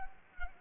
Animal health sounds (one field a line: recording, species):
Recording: mosquito wingbeat signal from an infrared sensor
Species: Culex pipiens